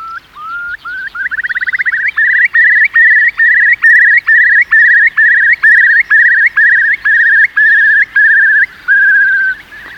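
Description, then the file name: Eurasian curlew bubbling song: a few rising whistles, then a fast trill leading into a long run of clear, upward-hooked whistled notes, about two per second. "wulp"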